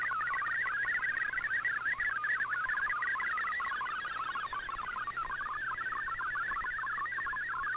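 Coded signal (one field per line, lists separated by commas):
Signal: multi-tone FSK (Olivia or MFSK type)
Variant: MFSK64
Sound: rapid warbling, chirpy tone jumping quickly between pitches, steady and continuous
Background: radio static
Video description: Here is my decode of the Shortwave Radiogram broadcast today on 7780Khz shortwave radio at 2030UTC in MFSK32 and 64 and with 8 SSTV images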